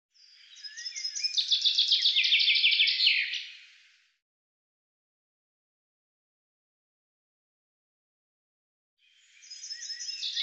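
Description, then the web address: Bird song in two bursts: a long run of rapid high chirps and a descending trill, then silence, and a second song starting as the recording ends. "Deverinetal 2025 File cleaned normalized Bird Fr Co"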